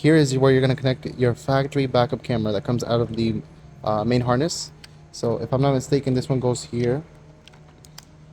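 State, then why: Seated. Someone talks while plugging the factory backup camera lead, which comes out of the main harness, into its female connector on the aftermarket Android radio harness of a 2024 Altima. After the talking stops, faint clicks are heard at 7.8 s and 8.0 s as the camera plug seats into the radio harness.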